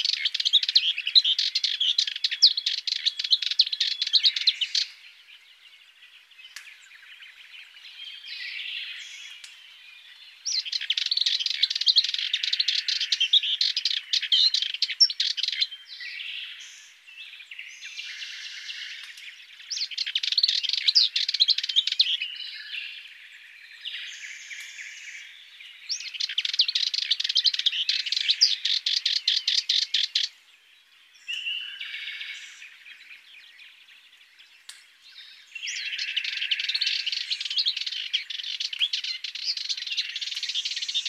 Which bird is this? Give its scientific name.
Sylvia melanocephala